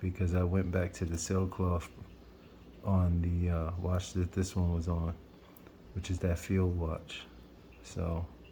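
A strap spring bar is being fitted into the lug of a Seiko Presage SPB165 watch case while a man talks throughout. Nothing has seated or clicked yet; the clip ends just before the spring bar goes home.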